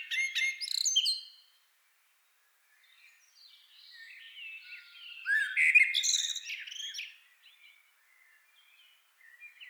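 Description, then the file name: Common blackbird song: a fluted, warbling phrase ending in a high squeaky twitter, then quieter notes and a second loud phrase. "Turdus merula"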